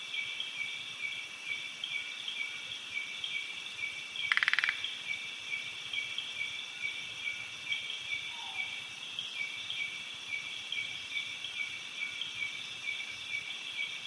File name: insects cicada birds flowing water creek night doi suthep national park thailand